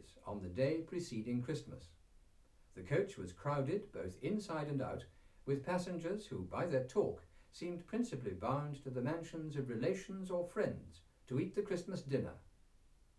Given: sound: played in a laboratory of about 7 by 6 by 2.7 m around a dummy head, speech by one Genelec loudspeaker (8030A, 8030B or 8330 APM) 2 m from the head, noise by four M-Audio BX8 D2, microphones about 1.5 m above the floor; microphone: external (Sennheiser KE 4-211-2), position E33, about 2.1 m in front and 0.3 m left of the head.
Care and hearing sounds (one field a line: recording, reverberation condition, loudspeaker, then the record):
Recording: male speech in English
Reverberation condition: low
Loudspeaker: 150 degrees to the left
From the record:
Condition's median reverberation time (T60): about 310 ms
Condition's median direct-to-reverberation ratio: about 3.5 dB